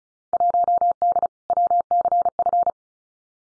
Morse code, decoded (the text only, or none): 1D WCF